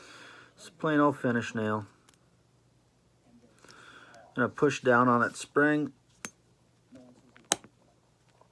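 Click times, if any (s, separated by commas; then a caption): 7.5 s. Someone talks while pressing a spring into a trigger assembly housing with a plain finish nail; the first try misses. A small sharp click comes at 7.5 s, but the spring is only about halfway down, not fully home.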